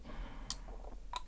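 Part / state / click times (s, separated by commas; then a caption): threaded barrel nut part going onto an airsoft rifle upper receiver / seated / 0.5 s. A threaded barrel nut is tightened onto the upper receiver of a BRN-180s airsoft rifle by feel rather than with a torque wrench, and it clicks into position at 0.5 s with a sharp, bright snap. A softer tick follows at about 0.9 s and another crisp click at about 1.2 s. The barrel nut is seated.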